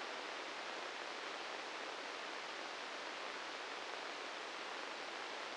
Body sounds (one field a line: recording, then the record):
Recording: brain microelectrode recording played as sound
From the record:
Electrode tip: inside the subthalamic nucleus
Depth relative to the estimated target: 0 mm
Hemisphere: right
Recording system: NeuroSet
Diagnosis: Parkinson's disease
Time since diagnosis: 10 years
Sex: male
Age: 56 years